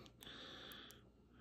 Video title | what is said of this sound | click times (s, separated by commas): HOW TO: Make your own servo extension! | you push them till you hear a little click and now they're all set you can see they've popped up | 0.1 s, 0.2 s, 0.9 s